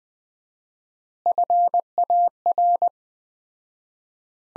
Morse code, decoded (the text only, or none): FAR